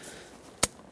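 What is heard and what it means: A line at the back of the engine is pushed onto its quick-connect fitting on the intake area during an intake manifold replacement on a 1999-2016 Ford E-350 with the 5.4L V8. A single sharp click sounds at 0.6 s against a quiet background. The line is seated and will not pull loose.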